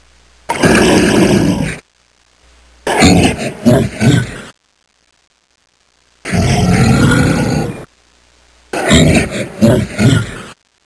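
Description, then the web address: Bear growls: four rough, deep growls of one to two seconds each, with pauses between them. The second and fourth break into pulses. "Soundsation. Animals Bear"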